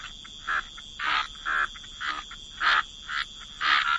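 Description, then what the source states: Frog croaks in short distinct rasping bursts with quiet pauses between, a few faint clicks and a thin steady high tone. Frog chorus.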